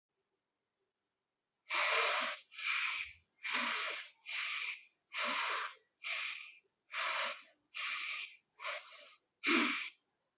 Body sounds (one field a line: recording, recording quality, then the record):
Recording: shallow breathing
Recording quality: excellent, no background noise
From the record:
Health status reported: respiratory illness, not identified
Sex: male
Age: 21 years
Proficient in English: yes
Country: India